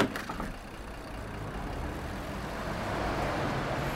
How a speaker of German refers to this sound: Morgens um 10 fließt der Verkehr auf zwei Spuren stadteinwärts und auf zwei Spuren raus aus der Stadt in Richtung Elbe.